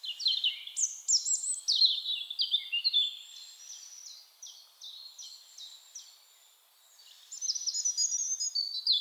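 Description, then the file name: European robin: quick, high, descending warbled phrases, then spaced thin notes, a brief lull, and a renewed run of sharp, high twittering. "Erithacus rubecula"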